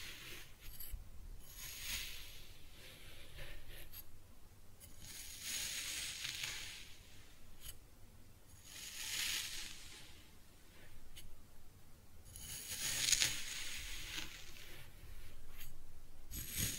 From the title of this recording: Kinetic Sand Cutting and Scooping Sounds